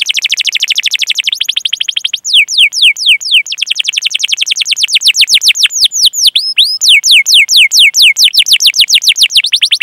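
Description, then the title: Domestic canary delivering dense rolling trills followed by repeated loud, descending whistled notes in a lively, varied sequence. Lively singing canary with the best song phrasing (cengkok) and most luxurious fills. "Kenari Gacor Cengkok Terbaik Isian Paling Mewah"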